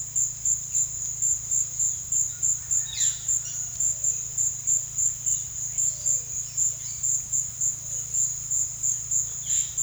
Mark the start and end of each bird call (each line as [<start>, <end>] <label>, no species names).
[2.59, 3.62] bird call
[6.40, 7.10] bird call
[9.41, 9.82] bird call